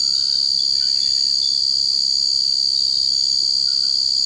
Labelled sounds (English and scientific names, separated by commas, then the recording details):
none
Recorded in secondary vegetation near Puerto Asís, Putumayo, Colombia, on 21 March 2025 at 02:30
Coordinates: 0.488, -76.319
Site G095